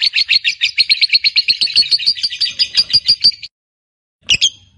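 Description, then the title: Lovebird ngekek song: rapid rattling chatter lasting about three and a half seconds, then a pause and one sharp squeaky note. Fighter lovebird performing a long ngekek, a drawn-out chattering song. "Begitu Dengar Suara Lovebird FIGHTER NGEKEK PANJANG"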